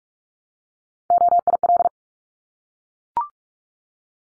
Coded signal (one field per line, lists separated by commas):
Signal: Morse code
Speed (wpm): 44 wpm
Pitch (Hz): 700 Hz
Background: none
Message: OIL